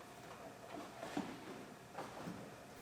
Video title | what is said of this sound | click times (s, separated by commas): Rebuilding a GMC Yukon from a semi collision part 6 | Snaps into place. | 2.0 s